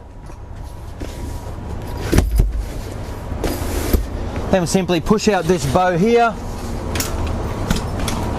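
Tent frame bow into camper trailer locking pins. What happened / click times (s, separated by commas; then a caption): The frame bow is being pushed but has not yet locked into its pins / none. A camper trailer's tent bow, a metal frame arch, is being pushed outward toward its locking pins, with a steady background hum and several sharp knocks and rattles as it is handled. Someone talks during the middle of the clip. The bow has not yet clicked into its locking pins by the end.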